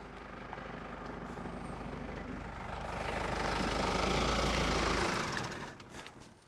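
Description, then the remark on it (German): A car's engine rumbles steadily, then swells louder as the car, being fetched, approaches and holds a broad roar for a couple of seconds before quickly dropping away. No one speaks. “Ihr hört im Hintergrund, kommt das Fahrzeug schon?”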